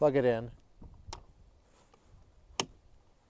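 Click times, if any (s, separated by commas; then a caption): 2.6 s. Someone talks briefly, then a Hyundai vehicle-to-load adapter, with its dust cover taken off, is plugged into the charging port of an Ioniq 5 electric car. A few faint ticks come before one sharp, bright click at 2.6 s as the adapter seats firmly in the port.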